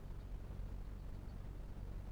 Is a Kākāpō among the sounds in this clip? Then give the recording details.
no. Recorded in New Zealand. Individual Felix